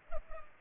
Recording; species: mosquito wingbeat signal from an infrared sensor; Culex pipiens